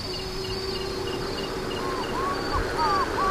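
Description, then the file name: Giant snipe calls, a few arched notes starting midway, over a steady insect drone. "Gallinagoundulata"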